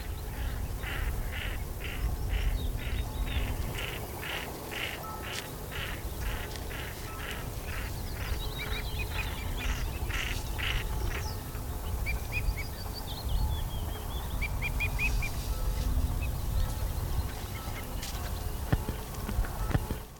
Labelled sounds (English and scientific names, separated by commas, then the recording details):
Common Pochard (Aythya ferina)
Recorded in the wild
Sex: group
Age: adult
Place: Karower Teiche, Naturpark Barnim, Berlin, DE
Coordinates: 52.6222, 13.4597
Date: 1985-04-21
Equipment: Nagra SN, Kopie Uher 4000 Report Monitor
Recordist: Tembrock, Günter
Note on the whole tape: Gruppenbalz, Männchen: Pfeifen, auch andere Laute; Weibchen: Schnarren, speziell als Flugrufe